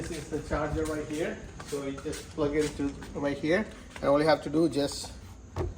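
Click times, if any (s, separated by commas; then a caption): none. Someone talks while handling an EGO self-propelled push lawn mower battery pack at its charger, about to slide it into the charger dock. Only speech and faint handling noise are heard, and the pack has not yet seated or clicked into the charger.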